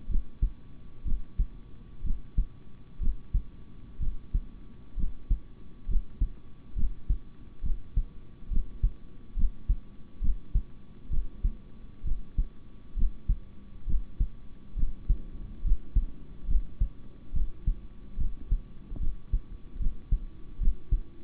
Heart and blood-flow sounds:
heart sounds by stethoscope; between the tricuspid and mitral areas; 67 bpm
0.08 s: heartbeat
1.04 s: heartbeat
2.03 s: heartbeat
2.99 s: heartbeat
3.99 s: heartbeat
4.96 s: heartbeat
5.87 s: heartbeat
6.75 s: heartbeat
7.62 s: heartbeat
8.49 s: heartbeat
9.35 s: heartbeat
10.20 s: heartbeat
11.09 s: heartbeat
12.04 s: heartbeat
12.95 s: heartbeat
13.86 s: heartbeat
14.75 s: heartbeat
15.63 s: heartbeat
16.47 s: heartbeat
17.32 s: heartbeat
18.17 s: heartbeat
18.99 s: heartbeat
19.79 s: heartbeat
20.59 s: heartbeat
From the record:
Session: rest, sitting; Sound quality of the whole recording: good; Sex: male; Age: 26 years

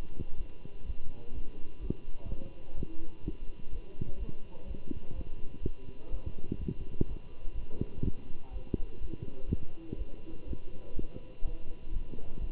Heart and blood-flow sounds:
heart sounds by stethoscope; between the tricuspid and mitral areas; 125 bpm
0.36 s: heartbeat
0.85 s: heartbeat
1.33 s: heartbeat
1.80 s: heartbeat
2.27 s: heartbeat
2.75 s: heartbeat
3.23 s: heartbeat
3.71 s: heartbeat
4.18 s: heartbeat
4.66 s: heartbeat
5.14 s: heartbeat
5.61 s: heartbeat
6.10 s: heartbeat
6.58 s: heartbeat
7.06 s: heartbeat
7.54 s: heartbeat
8.02 s: heartbeat
8.51 s: heartbeat
9.00 s: heartbeat
9.48 s: heartbeat
9.97 s: heartbeat
10.46 s: heartbeat
10.95 s: heartbeat
11.43 s: heartbeat
11.91 s: heartbeat
12.39 s: heartbeat
From the record:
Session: Bruce protocol treadmill stress test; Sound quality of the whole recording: good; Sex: male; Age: 23 years

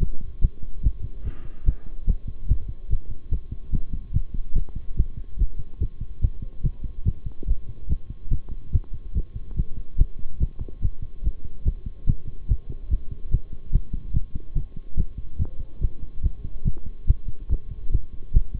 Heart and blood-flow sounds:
heart sounds by stethoscope; between the tricuspid and mitral areas; 144 bpm
0.00 s: heartbeat
0.42 s: heartbeat
0.83 s: heartbeat
1.25 s: heartbeat
1.66 s: heartbeat
2.07 s: heartbeat
2.49 s: heartbeat
2.90 s: heartbeat
3.31 s: heartbeat
3.72 s: heartbeat
4.14 s: heartbeat
4.55 s: heartbeat
4.97 s: heartbeat
5.39 s: heartbeat
5.80 s: heartbeat
6.22 s: heartbeat
6.64 s: heartbeat
7.05 s: heartbeat
7.47 s: heartbeat
7.89 s: heartbeat
8.31 s: heartbeat
8.73 s: heartbeat
9.15 s: heartbeat
9.56 s: heartbeat
9.98 s: heartbeat
10.40 s: heartbeat
10.82 s: heartbeat
11.24 s: heartbeat
11.65 s: heartbeat
12.07 s: heartbeat
12.49 s: heartbeat
12.90 s: heartbeat
13.31 s: heartbeat
13.73 s: heartbeat
14.14 s: heartbeat
14.55 s: heartbeat
14.97 s: heartbeat
15.39 s: heartbeat
15.81 s: heartbeat
16.23 s: heartbeat
16.65 s: heartbeat
17.07 s: heartbeat
17.50 s: heartbeat
17.92 s: heartbeat
18.34 s: heartbeat
From the record:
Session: bicycle stress test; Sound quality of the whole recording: good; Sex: male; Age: 23 years

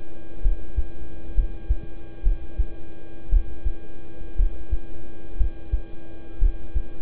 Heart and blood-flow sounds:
heart sounds by stethoscope; between the tricuspid and mitral areas; 60 bpm
0.42 s: heartbeat
1.35 s: heartbeat
2.23 s: heartbeat
3.29 s: heartbeat
4.36 s: heartbeat
5.37 s: heartbeat
6.38 s: heartbeat
From the record:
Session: rest, lying down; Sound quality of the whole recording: good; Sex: male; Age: 26 years

